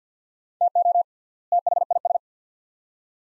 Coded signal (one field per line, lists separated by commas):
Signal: Morse code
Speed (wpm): 50 wpm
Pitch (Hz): 700 Hz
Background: none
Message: TO THIS